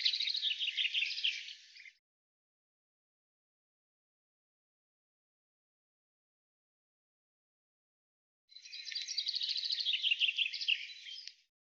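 Common chaffinch song: the end of one rapid phrase of repeated notes, about six seconds of quiet, then a second similar phrase of descending trilled notes.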